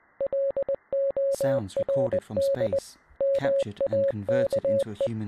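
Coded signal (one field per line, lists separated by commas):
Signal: Morse code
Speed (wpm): 20 wpm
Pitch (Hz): 550 Hz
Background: speech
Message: LORD MAKE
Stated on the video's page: Morse-like sound among real space sounds recorded by satellites, used in an anthology of short films.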